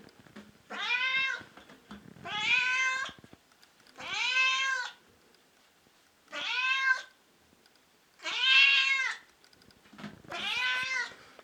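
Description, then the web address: Cat repeating loud, bright meows about every two seconds, six in all, each call arched and strongly harmonic, with quiet gaps between them. Meowing of a second and a third cat. "secondo gatto pusha e terzo gatto pusha miagolio di gatto"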